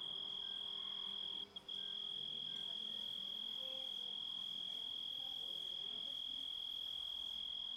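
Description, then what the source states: Grasshopper stridulation, a constant high-pitched whine that holds one note, with a brief break around one and a half seconds. Composite of grasshopper sounds.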